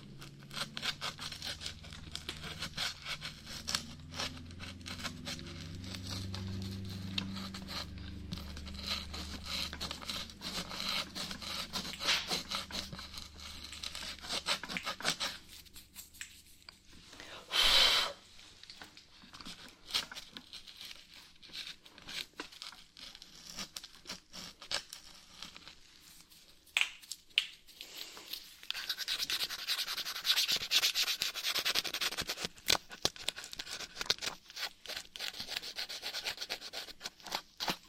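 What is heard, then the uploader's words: Dry scratching goes on throughout in quick, uneven strokes with a crinkly, rasping texture. A low rumbling hum runs under the first fifteen seconds and then drops away. A single loud scrape stands out near the middle, and the scratching turns brighter and hissier toward the end. ASMR Brain Melting Scratching (No Talking).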